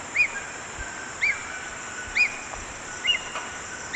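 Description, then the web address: Ornate hawk-eagle uttering single sharp whistled notes, each arched in pitch, repeated about once a second against a constant insect-like hum. Recorded in Ecuador. "Natures Songs S America Birds of Ecuador. Ornate Hawk Eagle"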